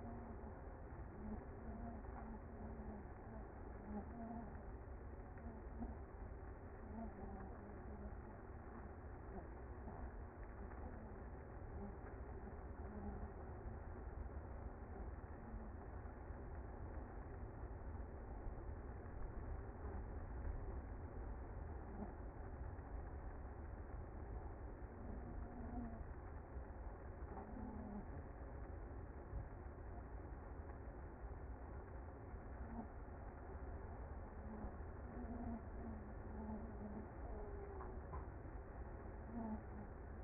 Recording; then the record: honeybee colony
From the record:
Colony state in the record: active